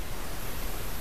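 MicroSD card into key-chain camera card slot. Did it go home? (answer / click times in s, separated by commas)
no / none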